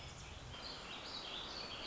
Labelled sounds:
Warbling Vireo (Vireo gilvus)
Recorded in Sonoma County, California

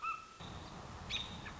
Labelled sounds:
American Robin (Turdus migratorius)
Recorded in Sonoma County, California

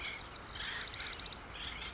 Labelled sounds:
Acorn Woodpecker (Melanerpes formicivorus)
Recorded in Sonoma County, California

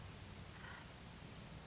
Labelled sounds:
Acorn Woodpecker (Melanerpes formicivorus)
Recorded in Sonoma County, California

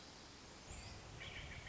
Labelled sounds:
Hermit Thrush (Catharus guttatus)
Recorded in Sonoma County, California

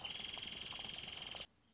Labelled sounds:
Wrentit (Chamaea fasciata)
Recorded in Sonoma County, California

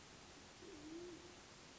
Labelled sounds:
Band-tailed Pigeon (Patagioenas fasciata)
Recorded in Sonoma County, California

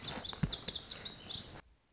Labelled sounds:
Lazuli Bunting (Passerina amoena)
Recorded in Sonoma County, California

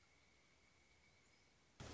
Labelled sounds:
Pileated Woodpecker (Dryocopus pileatus)
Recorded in Sonoma County, California

